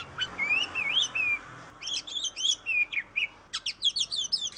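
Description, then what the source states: Oriental magpie-robin song opening with slurred whistles, moving into wavering phrases and finishing with a fast, scratchy run of chips. Master song used to train songbirds.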